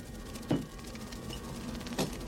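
Bats squeak in two brief, scratchy high-pitched bursts about a second and a half apart, fairly faint over a steady background hiss, with no talking.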